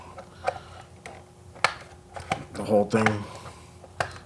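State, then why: Not seated. A scale RC truck body is pressed onto the chassis mounts of an RC crawler so its latch will snap into place, and sharp ratchet-like clicks are heard, loudest near 1.6 s and 4.0 s, while someone talks. The body latch fails to lock, and nothing has seated or clicked into place yet.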